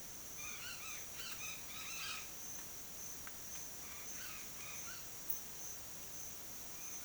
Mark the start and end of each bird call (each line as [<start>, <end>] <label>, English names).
[0.38, 2.31] Red-bellied Macaw
[3.83, 5.07] Red-bellied Macaw